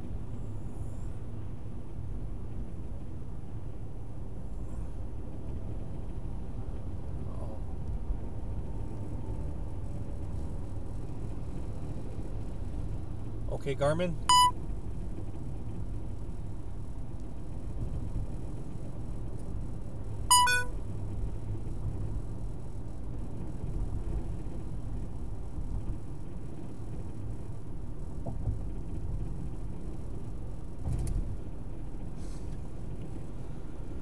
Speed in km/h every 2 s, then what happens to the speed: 42, 42, 44, 47, 48, 50, 48, 47, 47, 48, 50, 50, 50, 50, 48, 47, 44.
0-9 speeds up to 50. 9-27 steady at about 50. 27-34 slows to 44.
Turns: none.